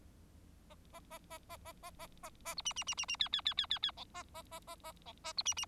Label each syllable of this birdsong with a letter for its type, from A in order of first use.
A A A A A A A A A A B C C C C C D D D D D D E A A A A A E A B C C